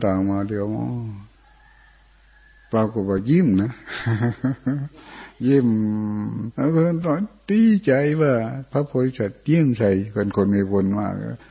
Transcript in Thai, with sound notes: าๆปรากฏว่ายิ้มนะยิ้ม (หัวเราะ) ดีใจว่าพระโพธิสัตว์ยิ้มใส่เป็นคนมีบุญมาก